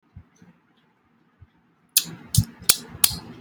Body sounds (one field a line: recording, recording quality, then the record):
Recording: counting at a fast pace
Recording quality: poor, much background noise or distortion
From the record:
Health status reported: COVID-19 positive, mild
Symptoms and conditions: none ticked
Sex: male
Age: 26 years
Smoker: not ticked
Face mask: not worn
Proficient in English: yes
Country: India